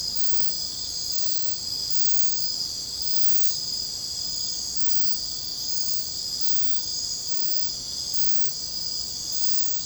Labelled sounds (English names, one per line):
none